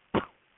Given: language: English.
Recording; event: throat vibration sensor signal played as sound; cough